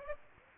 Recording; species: mosquito wingbeat signal from an infrared sensor; Aedes aegypti